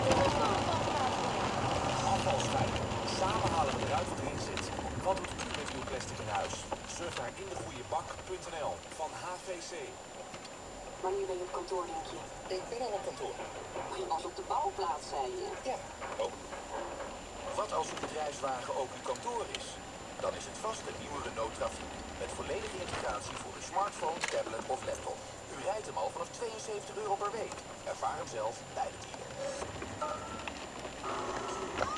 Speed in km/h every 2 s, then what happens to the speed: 51, 43, 30, 12, 1, 0, 0, 0, 6, 11, 15, 9, 0, 0, 0, 13.
0-8 brakes to 1. 8-15 standing. 15-20 pulls away to 15. 21-23 brakes to 0. 23-29 standing. 29-32 pulls away to 13.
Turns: none.